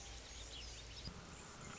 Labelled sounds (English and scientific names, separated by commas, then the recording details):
Anna's Hummingbird (Calypte anna)
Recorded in Sonoma County, California